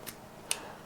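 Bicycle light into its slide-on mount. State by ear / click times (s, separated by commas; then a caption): seated / 0.5 s. A bicycle light is slid onto its plastic slide-on mount, with a faint tick near 0.1 s followed by a sharp, bright click at 0.5 s. The light clicks into place and is seated on the mount.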